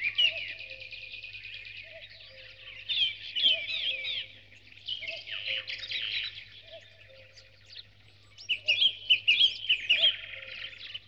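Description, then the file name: Birds in a dawn chorus, dense overlapping twitters and trills with a bright repeated chirping phrase near the end, soft lower notes recurring and a faint steady hum. "Spectacular Sound Effects - Birds Dawn Chorus"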